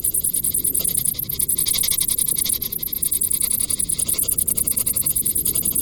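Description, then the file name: Crickets give a shrill, rapidly pulsing song over a soft low background rumble. "Grillen"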